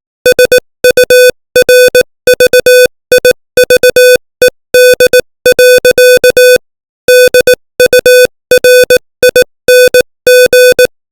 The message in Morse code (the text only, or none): SURVIVED. DURING